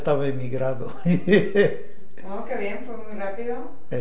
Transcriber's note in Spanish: risas